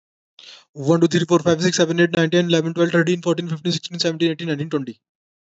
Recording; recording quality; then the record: counting at a fast pace; excellent, no background noise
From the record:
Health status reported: healthy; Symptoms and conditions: none ticked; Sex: male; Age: 35 years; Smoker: not ticked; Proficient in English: yes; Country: India